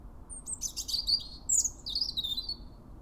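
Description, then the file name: European robin song, a continuous stream of high, thin warbling and trilled notes with sliding whistles, delivered quickly and varied in pitch. "Erithacus rubecula"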